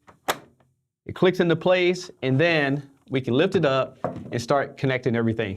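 The mounting tabs of a stand are lined up with and pushed into the back of a 27-inch Sony INZONE M9 4K gaming monitor (SDM-U27M90), giving a single sharp thunk at 0.3 s as the stand seats into the monitor. After a short pause, someone talks.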